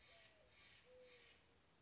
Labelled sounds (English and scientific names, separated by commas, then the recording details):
Steller's Jay (Cyanocitta stelleri)
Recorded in Sonoma County, California